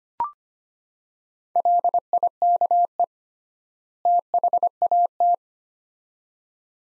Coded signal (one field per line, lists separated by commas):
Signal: Morse code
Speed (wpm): 25 wpm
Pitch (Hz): 700 Hz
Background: none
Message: LIKE THAT